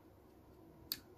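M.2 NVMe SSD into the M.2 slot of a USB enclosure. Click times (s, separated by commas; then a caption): 0.9 s. An M.2 NVMe SSD is pushed at an angle into the M.2 connector of a USB enclosure on a second try, after a first attempt that didn't go all the way in. Against a quiet background, a single sharp, bright click sounds at 0.9 s as the SSD seats in the slot.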